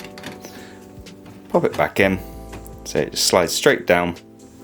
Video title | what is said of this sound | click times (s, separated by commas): Epson WorkForce WF-2930: How to Replace Ink Cartridges | The film on the bottom of the cartridge will be pierced automatically by the printer as it goes in, and as long as you get that little satisfying click I had, you'll know the cartridge has been installed fully. | 0.2 s